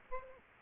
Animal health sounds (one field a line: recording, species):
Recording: mosquito wingbeat signal from an infrared sensor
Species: Aedes aegypti